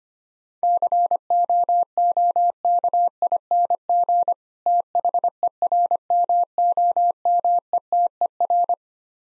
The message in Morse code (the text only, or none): COOKING THERMOMETER